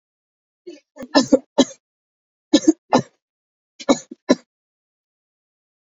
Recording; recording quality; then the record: shallow voluntary cough; excellent, no background noise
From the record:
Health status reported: exposed to COVID-19, no respiratory illness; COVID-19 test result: negative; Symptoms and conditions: cough, asthma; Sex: female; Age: 33 years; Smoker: not ticked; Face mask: not worn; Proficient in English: yes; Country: India